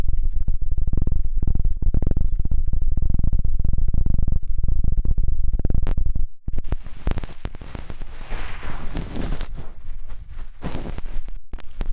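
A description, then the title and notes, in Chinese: A rumbling helicopter-like thumping fills the first six seconds, heavy and low with a rapid chopping pulse. After a brief drop near the six-second mark it gives way to brighter, crackling scratches of ear cleaning, dense and slightly quieter. 3D颅内直升机 穿过大脑的强力掏耳。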